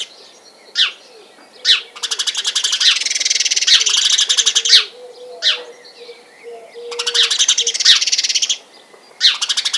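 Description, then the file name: House sparrow chirps: sharp single notes alternating with long, dense buzzy rattling bursts. "Passer domesticus"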